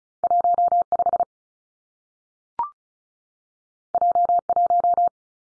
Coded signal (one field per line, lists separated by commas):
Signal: Morse code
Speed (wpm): 36 wpm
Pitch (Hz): 700 Hz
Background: none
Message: 1 5 J 1